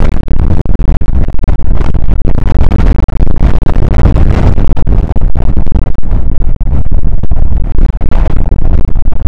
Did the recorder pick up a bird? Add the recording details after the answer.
no. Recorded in the Prudhoe Bay oil fields, Alaska, on 2 August 2019 at 01:34. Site 29